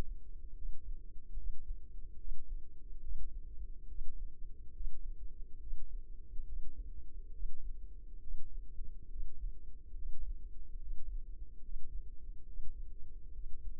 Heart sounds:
heart sounds by microphone in the left ear; 70 bpm
0.53 s: heartbeat
1.34 s: heartbeat
2.15 s: heartbeat
2.99 s: heartbeat
3.85 s: heartbeat
4.71 s: heartbeat
5.57 s: heartbeat
6.43 s: heartbeat
7.29 s: heartbeat
8.18 s: heartbeat
9.07 s: heartbeat
9.93 s: heartbeat
10.77 s: heartbeat
11.60 s: heartbeat
12.43 s: heartbeat
13.30 s: heartbeat
From the record:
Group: healthy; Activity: breath hold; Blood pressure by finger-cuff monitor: 95/65 mmHg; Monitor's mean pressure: 72 mmHg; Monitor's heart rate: 70 bpm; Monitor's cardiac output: 4.9 L/min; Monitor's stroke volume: 67 mL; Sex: female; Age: 36 years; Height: 163 cm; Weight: 88 kg

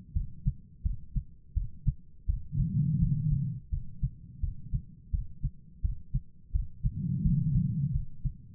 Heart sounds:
heart sounds by stethoscope; 85 bpm
0.14 s: heartbeat
0.83 s: heartbeat
1.54 s: heartbeat
2.26 s: heartbeat
2.99 s: heartbeat
3.70 s: heartbeat
4.41 s: heartbeat
5.11 s: heartbeat
5.82 s: heartbeat
6.52 s: heartbeat
7.23 s: heartbeat
7.92 s: heartbeat
From the record:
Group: healthy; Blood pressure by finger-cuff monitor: 108/77 mmHg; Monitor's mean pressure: 89 mmHg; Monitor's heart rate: 85 bpm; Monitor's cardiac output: 4.8 L/min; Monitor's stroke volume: 57 mL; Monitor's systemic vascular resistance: 1370 dyn s/cm5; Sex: female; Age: 51 years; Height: 162 cm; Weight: 70.04 kg

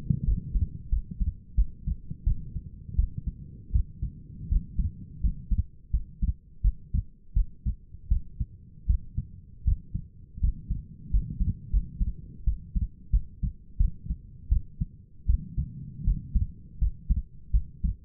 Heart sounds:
heart sounds by stethoscope; 83 bpm
0.25 s: heartbeat
0.90 s: heartbeat
1.56 s: heartbeat
2.25 s: heartbeat
2.96 s: heartbeat
3.73 s: heartbeat
4.49 s: heartbeat
5.21 s: heartbeat
5.91 s: heartbeat
6.62 s: heartbeat
7.34 s: heartbeat
8.09 s: heartbeat
8.87 s: heartbeat
9.65 s: heartbeat
10.41 s: heartbeat
11.11 s: heartbeat
11.71 s: heartbeat
12.45 s: heartbeat
13.11 s: heartbeat
13.78 s: heartbeat
14.49 s: heartbeat
15.27 s: heartbeat
16.05 s: heartbeat
16.79 s: heartbeat
17.52 s: heartbeat
From the record:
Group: healthy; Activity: rest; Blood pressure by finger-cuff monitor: 121/77 mmHg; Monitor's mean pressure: 93 mmHg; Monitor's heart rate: 84 bpm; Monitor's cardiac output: 6.4 L/min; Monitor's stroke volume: 77 mL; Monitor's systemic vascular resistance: 1070 dyn s/cm5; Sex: female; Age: 37 years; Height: 168 cm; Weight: 70 kg

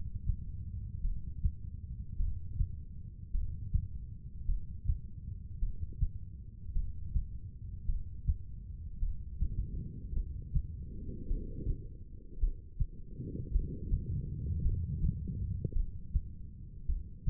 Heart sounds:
heart sounds by stethoscope; 53 bpm
1.01 s: heartbeat
2.17 s: heartbeat
3.31 s: heartbeat
4.46 s: heartbeat
5.59 s: heartbeat
6.73 s: heartbeat
7.86 s: heartbeat
8.99 s: heartbeat
10.13 s: heartbeat
11.27 s: heartbeat
12.39 s: heartbeat
13.51 s: heartbeat
14.62 s: heartbeat
15.73 s: heartbeat
16.86 s: heartbeat
From the record:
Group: heart failure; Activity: breath hold 0-9 s, rest 9-17 s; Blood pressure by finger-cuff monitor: 85/60 mmHg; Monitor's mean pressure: 69 mmHg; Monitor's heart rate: 53 bpm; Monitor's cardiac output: 2.6 L/min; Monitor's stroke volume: 50 mL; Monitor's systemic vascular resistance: 1880 dyn s/cm5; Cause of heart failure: non-ischemic cardiomyopathy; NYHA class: 1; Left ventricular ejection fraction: 52%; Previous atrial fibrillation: present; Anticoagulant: apixaban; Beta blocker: bisoprolol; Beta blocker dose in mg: 10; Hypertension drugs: sacubitril-valsartan, spironolactone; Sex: female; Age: 68 years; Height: 169 cm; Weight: 71 kg

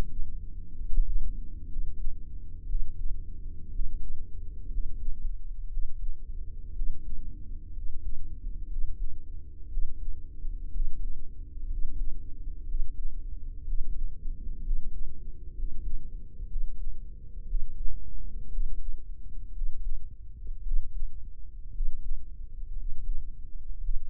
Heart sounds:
heart sounds by microphone in the right ear; 60 bpm
0.73 s: heartbeat
1.64 s: heartbeat
2.63 s: heartbeat
3.67 s: heartbeat
4.65 s: heartbeat
5.66 s: heartbeat
6.70 s: heartbeat
7.70 s: heartbeat
8.64 s: heartbeat
9.66 s: heartbeat
10.68 s: heartbeat
11.65 s: heartbeat
12.63 s: heartbeat
13.61 s: heartbeat
14.59 s: heartbeat
15.51 s: heartbeat
16.44 s: heartbeat
17.43 s: heartbeat
18.47 s: heartbeat
19.49 s: heartbeat
20.59 s: heartbeat
21.69 s: heartbeat
22.72 s: heartbeat
23.77 s: heartbeat
From the record:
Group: healthy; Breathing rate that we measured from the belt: 16 breaths a minute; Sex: male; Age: 23 years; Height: 178 cm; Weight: 96.6 kg

